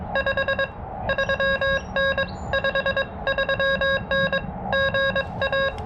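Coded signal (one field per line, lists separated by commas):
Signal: Morse code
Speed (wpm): 22 wpm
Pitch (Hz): 1650 Hz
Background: none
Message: 53N 53N GA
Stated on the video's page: Morse from a Parks on the Air activation using a KX2, on a band other than 40m, with slow activity.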